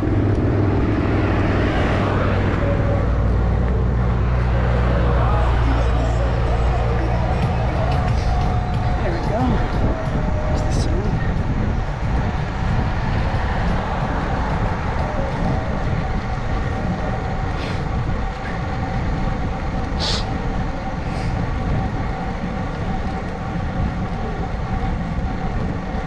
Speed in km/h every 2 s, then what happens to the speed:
19, 19, 19, 19, 19, 19, 19, 19, 19, 19, 19, 18, 19.
0-26 steady at about 19.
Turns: none.